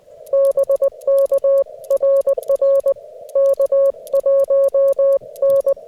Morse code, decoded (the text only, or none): BK RR K1N